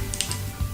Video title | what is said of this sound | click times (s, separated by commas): Steampunk Floor Lamp | like so and it snaps in place and | 0.1 s, 0.2 s